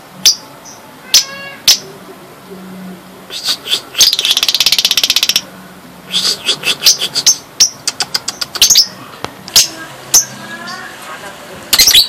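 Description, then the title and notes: Bird song: a varied stream of sharp chirps, a quick buzzy trill and short whistled notes, rising and falling in loudness throughout. "Bird Sound. Kicau Burung Lengkap"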